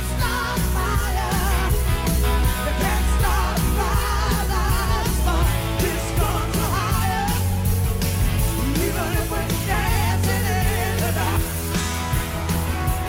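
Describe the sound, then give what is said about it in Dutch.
A huge stadium crowd at a rock concert sings and shouts along with loud music, a dense, continuous roar of many voices with wavering melodic lines riding over a steady low-end beat. “En iedereen schreeuwt mee.”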